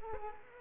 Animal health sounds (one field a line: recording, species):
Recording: mosquito wingbeat signal from an infrared sensor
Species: Culex quinquefasciatus